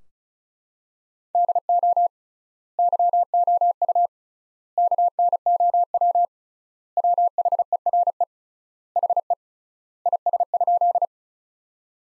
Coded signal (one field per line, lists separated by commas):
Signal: Morse code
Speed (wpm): 36 wpm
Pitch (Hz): 700 Hz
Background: none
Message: DO YOU KNOW WHERE HE IS?